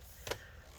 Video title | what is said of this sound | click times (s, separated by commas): HP Notebook 17 17-x127cl Disassembly RAM SSD Hard Drive Upgrade Battery CD Drive Replacement Repair | looks like everything is clicked in | 0.3 s